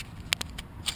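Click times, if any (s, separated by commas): none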